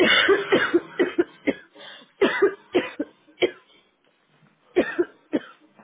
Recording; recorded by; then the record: voluntary cough; telephone call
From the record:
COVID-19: negative